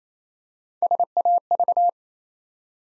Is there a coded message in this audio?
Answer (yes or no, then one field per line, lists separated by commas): yes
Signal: Morse code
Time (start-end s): 0.8-1.9 s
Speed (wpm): 27 wpm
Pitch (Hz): 700 Hz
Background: none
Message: SAV